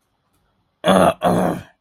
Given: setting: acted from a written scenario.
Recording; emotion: vocal sound without words; anger